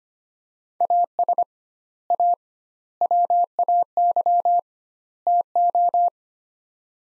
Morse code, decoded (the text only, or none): AS A WAY TO